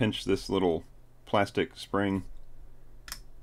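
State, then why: Seated. An mSATA drive on its adapter, shucked from a Samsung T5 SSD, is slid back into a 2012 MacBook Pro Retina while its small plastic spring clip is pinched. Someone talks, then the clip snaps into place with one short, sharp tick at 3.1 s, and the adapter is seated.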